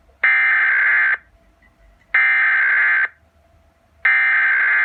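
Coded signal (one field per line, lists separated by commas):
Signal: Emergency Alert System (SAME) tones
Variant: header bursts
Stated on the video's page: Amber Alert EAS broadcast by a Texas radio station, with siren.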